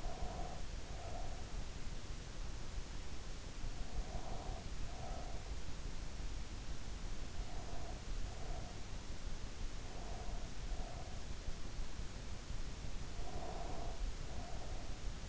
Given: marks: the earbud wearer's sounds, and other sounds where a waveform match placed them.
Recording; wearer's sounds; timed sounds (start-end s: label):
sounds in sleep by an in-ear microphone; breath
0.00-1.53 s: breath
4.04-5.48 s: breath
7.41-8.85 s: breath
10.00-11.23 s: breath
13.18-14.97 s: breath